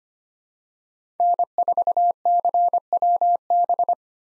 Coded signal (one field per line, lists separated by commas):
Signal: Morse code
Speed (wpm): 25 wpm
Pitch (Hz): 700 Hz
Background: none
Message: N4CWB